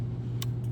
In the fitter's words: that click right there